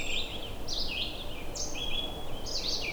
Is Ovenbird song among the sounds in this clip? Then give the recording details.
no. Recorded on 21 June 2016 at 07:22. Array SBT-6-76